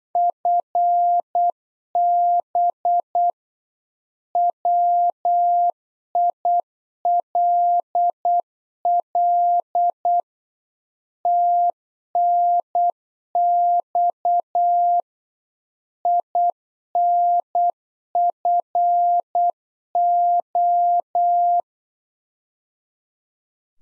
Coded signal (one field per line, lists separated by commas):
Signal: Morse code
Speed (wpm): 8 wpm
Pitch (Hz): 700 Hz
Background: none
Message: FB WILL TNX INFO